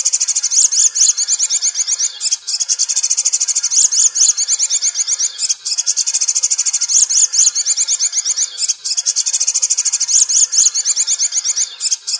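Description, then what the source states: Leafbird song, a long high chatter of quick trilled and looping notes, delivered almost without pause with a few brief gaps. Locally called cucak ijo daun kecil (small-leaf cucak ijo).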